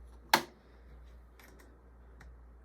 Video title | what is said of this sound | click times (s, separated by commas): Purgo 7in2 USB Hub Macbook Air And Macbook Pro intel and Apple Silicon M1 Etc Review | I don't know, it clicks in place properly. It's not a depth problem. | 0.3 s